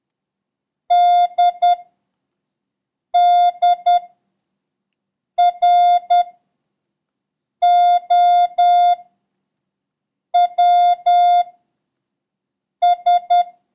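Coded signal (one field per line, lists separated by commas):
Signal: Morse code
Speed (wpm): 10 wpm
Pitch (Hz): 710 Hz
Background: none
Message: DDROWS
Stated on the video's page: Morse code lesson covering letters P, C and Q and the number 3, with a random run drill.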